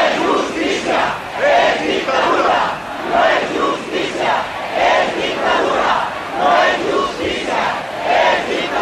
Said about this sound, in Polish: Przed budynkiem parlamentu zebrany tłum skandował: to nie jest sprawiedliwość, tylko dyktatura.